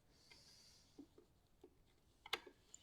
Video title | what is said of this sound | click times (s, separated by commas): Doctor Doom Mask/ Helmet Marvel Legends Fantastic Four Unboxing and Review! | Clicks right in. | 2.3 s